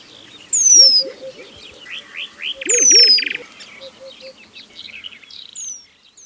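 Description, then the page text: White-crowned penduline tit giving thin, high whistles that slide downward, a few in six seconds, among buzzy rapid trills and soft low whistled notes from other birds. "White-Crowned Penduline Tit Call. Quick Sounds"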